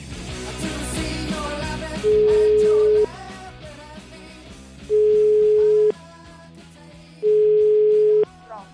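An outgoing call's ringback tone sounds three times, each a loud, steady mid-pitched beep lasting about a second with longer gaps between, over continuous background music.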